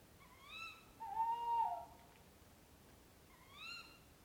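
Owl calls: a higher rising note opens, a longer low hoot follows, and another rising higher note closes.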